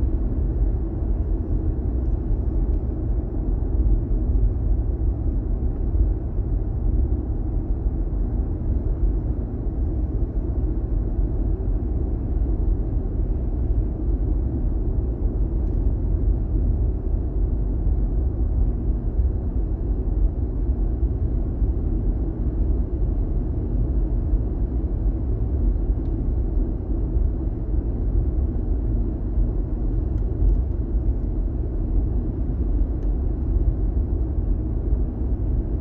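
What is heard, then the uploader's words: A drive to work, heard as a steady, dense low rumble of the car moving along with no real breaks. The sound stays dull and bottom-heavy throughout, with faint tonal hums in the low range and only a few small ticks or clicks above. ASMR A drive to work.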